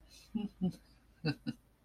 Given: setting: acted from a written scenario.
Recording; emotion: vocal sound without words; contentment